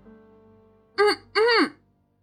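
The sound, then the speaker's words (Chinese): A voice clears its throat in two short, voiced bursts, the second longer with a rising then falling pitch, over a faint steady hum. “他清了清嗓子，一个一个去辨认字条上的字。”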